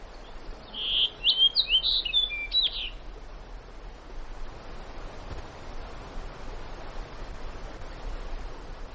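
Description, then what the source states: Bird song: a quick jumbled phrase of bright whistled and chirping notes lasting about two seconds, then steady soft background hiss. Recorded in Alaska on 19 June 2012 at 09:28.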